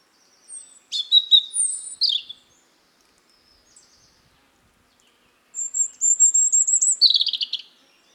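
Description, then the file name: European robin singing two short, high phrases separated by a silent gap, each mixing a long thin whistle with rapid, tinkling, sliding notes. "Erithacus rubecula"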